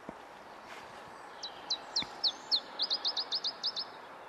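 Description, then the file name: Iberian chiffchaff gives one song phrase, four or five deliberate high falling notes then a faster, even string of chipping notes, with a few soft clicks and light background noise. "iberischer zilpzalp"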